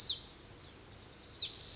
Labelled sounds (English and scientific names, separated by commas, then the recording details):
Pacific Wren (Troglodytes pacificus)
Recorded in Sonoma County, California